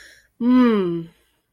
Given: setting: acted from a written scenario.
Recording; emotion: vocal sound without words; desire